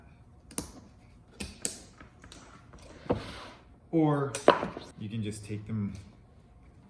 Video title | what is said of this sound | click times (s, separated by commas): HOW TO: RUX 70L User Tips | and slide them up until they click into the rails like that | 0.6 s, 1.6 s